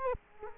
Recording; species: mosquito wingbeat signal from an infrared sensor; Culex quinquefasciatus